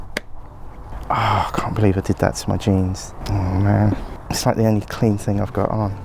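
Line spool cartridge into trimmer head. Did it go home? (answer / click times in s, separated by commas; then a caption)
yes / 0.2 s. A plastic line spool cartridge on a Flymo Mini Trim ST garden trimmer, with the line fed through the hole, is pushed down into the trimmer head and gives a sharp, short click at 0.2 s as it seats home. Someone then talks for the rest of the clip.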